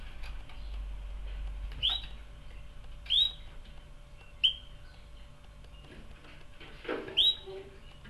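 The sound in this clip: Canary giving short upslurred chirps, four spaced over eight seconds at irregular intervals, over a low steady hum.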